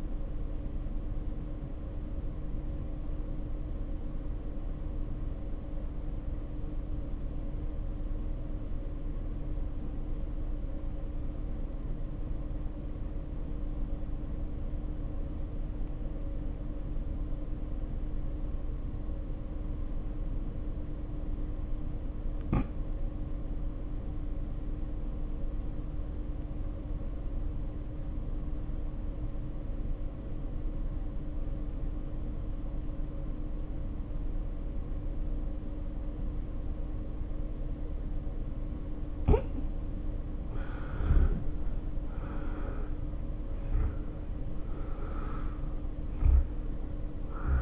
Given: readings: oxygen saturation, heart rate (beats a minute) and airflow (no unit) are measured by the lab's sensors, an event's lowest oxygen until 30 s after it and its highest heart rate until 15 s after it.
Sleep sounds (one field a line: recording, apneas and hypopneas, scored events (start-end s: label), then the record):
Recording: breathing in sleep by a smartphone at the bedside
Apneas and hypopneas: 1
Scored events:
3.00-41.90 s: hypopnea (N1, oxygen 95% highest, then 68% lowest, heart rate 55 at the start, 78 highest)
35.00-47.62 s: new sleep stage, awake
37.00-47.62 s: awake
From the record:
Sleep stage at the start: N1 (lightest sleep)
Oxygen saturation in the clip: 73 to 95%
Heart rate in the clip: 52 to 78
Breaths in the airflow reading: 12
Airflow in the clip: -3.7 to 3.4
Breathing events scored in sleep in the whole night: 520 in 7.2 hours asleep